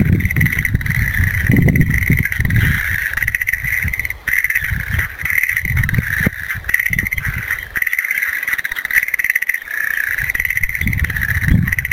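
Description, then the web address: Frog chorus, a continuous trilling band of many callers throbbing in waves, over intermittent low rumbling and thumping noise. "~kp room. kaeru"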